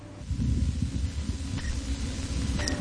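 Low, irregular rumbling gurgles heard through a stethoscope over an adult woman's abdomen: ordinary stomach and bowel sounds.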